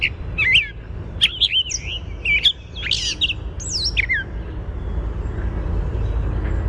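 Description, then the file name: Gray catbird singing a jumbled run of squeaky, slurred and mewing phrases for about four seconds, then stopping; a steady low rumble continues underneath. "GRCA song"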